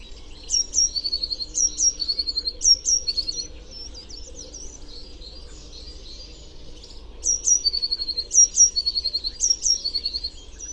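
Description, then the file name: Eurasian blue tit repeating high notes and buzzy trills in short bursts, a pause in the middle, then more phrases; steady low hum underneath. "Cyanistes caeruleus"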